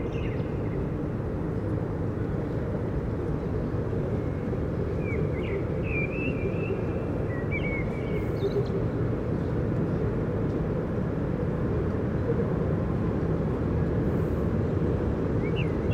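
A steady low rumble of traffic fills the whole recording, dense and unchanging, with no distinct passing events standing out. Light bird chirps break through briefly around six to eight seconds, with another faint call near the end.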